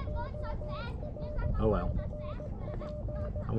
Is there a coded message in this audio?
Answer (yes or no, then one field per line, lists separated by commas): yes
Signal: Morse code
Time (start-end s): 0.1-3.4 s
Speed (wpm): 18 wpm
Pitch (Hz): 600 Hz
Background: speech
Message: ORCP